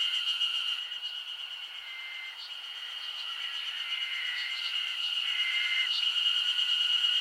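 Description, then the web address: Summer insects droning steadily at a high pitch, joined by intermittent shorter tones and a soft lower tone throughout. Summer insect ambience recorded in Japan. "Sound Effects-Foundation 1 AMBIENCE JAPANESE SUMMER INSECTS 01"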